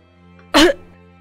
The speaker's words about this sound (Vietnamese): Đang nói, Lão Thông bất ngờ ho lên một tiếng.